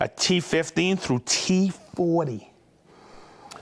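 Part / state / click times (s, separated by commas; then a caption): bit cassette into storage case holder / seated / 3.5 s. Someone talks, then after a quieter stretch a short sharp click sounds at 3.5 s as a 50 mm bit cassette is pushed into its plastic holder in a storage case and snaps in, seated.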